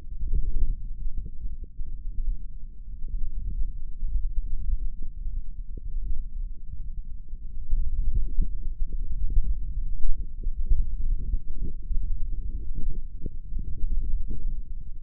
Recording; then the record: forearm muscle sounds (acoustic myography)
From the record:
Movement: index flexion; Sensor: system 1, eight BSWA MPA416 microphones around the upper forearm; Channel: 5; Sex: male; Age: 18 years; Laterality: right